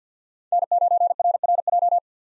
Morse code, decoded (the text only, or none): N9RRJ